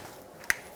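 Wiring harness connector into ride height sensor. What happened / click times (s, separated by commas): The connector clicked into place / 0.5 s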